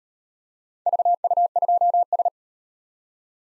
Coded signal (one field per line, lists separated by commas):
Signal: Morse code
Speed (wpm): 38 wpm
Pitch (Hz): 700 Hz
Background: none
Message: VU2S